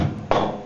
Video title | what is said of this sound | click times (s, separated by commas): Heating, Sound and the Lift in the Church | you listen carefully and did you hear the click? Yeah. | 0.3 s